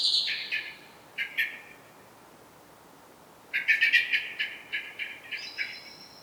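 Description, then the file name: Eurasian blackbird giving bursts of short, sharp notes with a first high note falling, then a rapid run of clipped chirps after a pause; quiet background. "Turdus merula"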